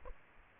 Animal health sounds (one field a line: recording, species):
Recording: mosquito wingbeat signal from an infrared sensor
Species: Aedes aegypti